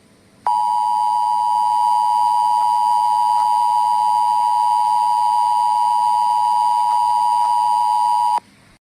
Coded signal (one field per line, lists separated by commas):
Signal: Emergency Alert System (SAME) tones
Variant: 853 and 960 Hz attention tone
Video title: Eas scenario: Dual pandemics